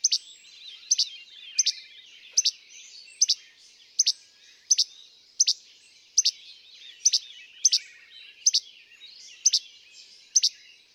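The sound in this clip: Least flycatcher giving sharp, snappy two-part che-bek notes, repeated steadily.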